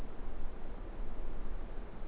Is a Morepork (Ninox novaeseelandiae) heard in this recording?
no